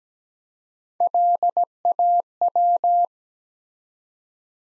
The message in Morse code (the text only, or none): LAW